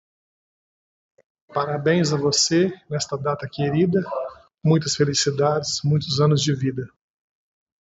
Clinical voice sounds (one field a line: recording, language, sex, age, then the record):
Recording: short text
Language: Brazilian Portuguese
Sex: male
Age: 50 to 59 years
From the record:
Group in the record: control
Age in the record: 56 years